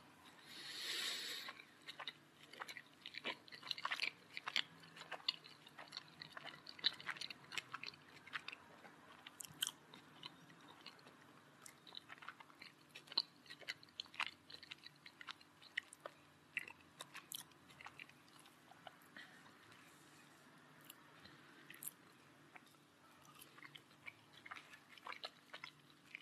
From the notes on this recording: A PERSON EATING